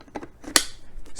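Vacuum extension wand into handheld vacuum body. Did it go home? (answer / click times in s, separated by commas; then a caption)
yes / 0.6 s. A rigid plastic extension wand of a Tineco Pure One S12 cordless vacuum is pushed onto the handheld motor unit. Soft scraping contact sounds lead to a sharp, bright click at 0.6 s, and the wand seats snugly with a click into place.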